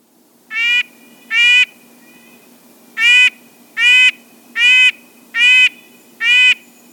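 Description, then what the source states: Red-breasted nuthatch giving nasal, honking notes, repeated a little more than once per second, with one longer pause after the second note. Monotonous honking song, sung all day long.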